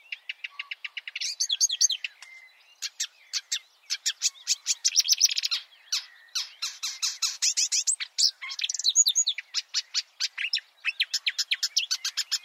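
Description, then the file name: Marsh warbler delivering fast, continuous chattering song, with dense rattles, squeaky notes and harsh bursts packed closely together. "suara-kicauan-burung-marsh-warbler -omkicau"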